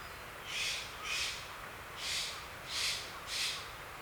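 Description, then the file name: Eurasian jay with five harsh, raspy screeches spaced about half a second to a second apart, over constant hissing background noise. "kakesu"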